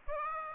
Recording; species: mosquito wingbeat signal from an infrared sensor; Aedes aegypti